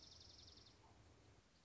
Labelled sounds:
Dark-eyed Junco (Junco hyemalis)
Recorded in Sonoma County, California

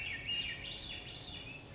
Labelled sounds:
Swainson's Thrush (Catharus ustulatus)
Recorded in Sonoma County, California

